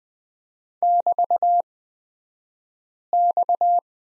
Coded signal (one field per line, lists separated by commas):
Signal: Morse code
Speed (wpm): 20 wpm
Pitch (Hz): 700 Hz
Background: none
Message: <BT>X